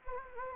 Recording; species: mosquito wingbeat signal from an infrared sensor; Anopheles gambiae